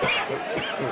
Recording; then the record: coughing mixed with background sound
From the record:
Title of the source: Dry Afternoon Cough